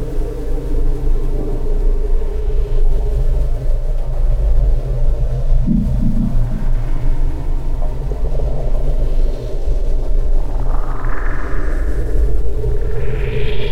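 A radiophonic piece built from melting snow: a steady, dense low rumble with humming tones, and rising swells brightening from about ten seconds.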